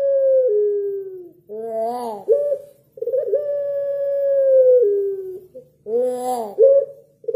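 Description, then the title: Barbary dove calling with drawn-out level coos that sag at the end, separated by short rising-falling notes, in a quiet background with a soft low hum. Training (masteran) recording of a white Barbary dove made to teach songbirds. "Masteran Burung Puter Putih"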